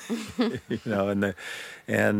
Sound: soundbite of laughter

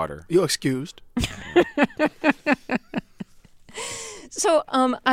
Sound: laughter

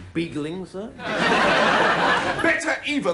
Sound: soundbite of laughter

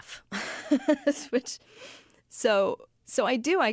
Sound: laughter

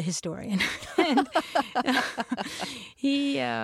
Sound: laughter

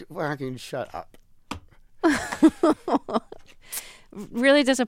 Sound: laughter

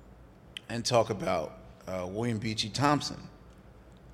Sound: none

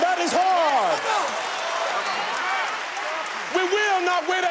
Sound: applause

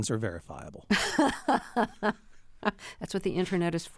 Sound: laughter

